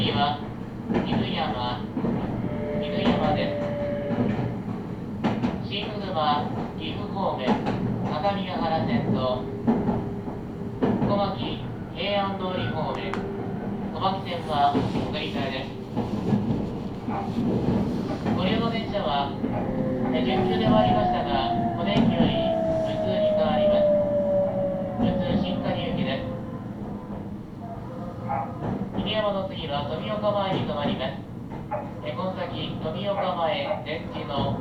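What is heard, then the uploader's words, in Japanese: Riding a Meitetsu Inuyama–Hiromi Line train, with a steady low rumble underneath nearly continuous talking. A thin motor whine sounds briefly early on, then glides more clearly between about 20 and 26 seconds, while the voices carry on throughout. 名古屋鉄道犬山・広見線 江南→布袋→新可児。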